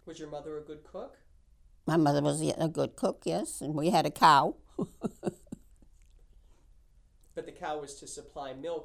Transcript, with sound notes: Was your mother a good cook?
My mother was a good cook, yes. And we had a cow. ( she laughs )
But the cow was to supply milk.